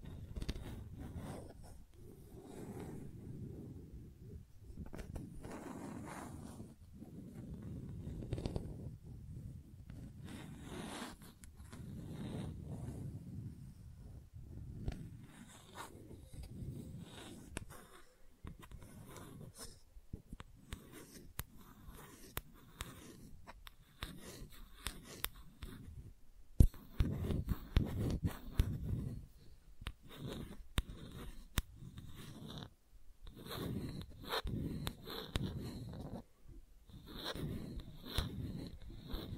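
Gentle scratching runs through the clip as soft, irregular strokes, mostly low and muffled, with short dry ticks and brief pauses between bursts. The strokes grow busier after about 26 seconds, and a faint thin tone sits high in the background later on.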